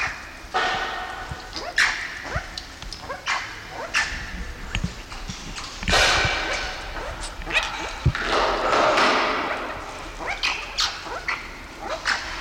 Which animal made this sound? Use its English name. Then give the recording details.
Banded Mongoose. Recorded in captivity. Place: Zoo Halle, Sachsen-Anhalt, DE. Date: 1993-04-26 17:28. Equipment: Sony WM-D6C, Sennheiser ME 80, Kopie Uher Variocord 263. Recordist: Tembrock, Günter